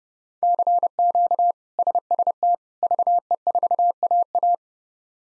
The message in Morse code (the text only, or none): CQ SST VE4AA